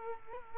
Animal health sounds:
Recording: mosquito wingbeat signal from an infrared sensor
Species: Culex quinquefasciatus

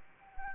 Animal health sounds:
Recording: mosquito wingbeat signal from an infrared sensor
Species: Anopheles gambiae

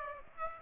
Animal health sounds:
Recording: mosquito wingbeat signal from an infrared sensor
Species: Aedes aegypti

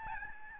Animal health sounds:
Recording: mosquito wingbeat signal from an infrared sensor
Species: Aedes albopictus

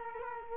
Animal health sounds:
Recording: mosquito wingbeat signal from an infrared sensor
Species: Culex quinquefasciatus

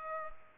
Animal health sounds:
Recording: mosquito wingbeat signal from an infrared sensor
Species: Culex pipiens

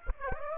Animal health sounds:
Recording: mosquito wingbeat signal from an infrared sensor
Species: Aedes aegypti

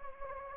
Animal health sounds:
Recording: mosquito wingbeat signal from an infrared sensor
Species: Anopheles gambiae

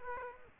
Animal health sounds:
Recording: mosquito wingbeat signal from an infrared sensor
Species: Aedes aegypti

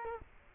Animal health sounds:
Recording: mosquito wingbeat signal from an infrared sensor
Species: Culex quinquefasciatus

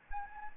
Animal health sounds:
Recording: mosquito wingbeat signal from an infrared sensor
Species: Anopheles arabiensis

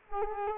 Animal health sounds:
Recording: mosquito wingbeat signal from an infrared sensor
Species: Culex quinquefasciatus

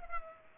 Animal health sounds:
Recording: mosquito wingbeat signal from an infrared sensor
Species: Culex pipiens

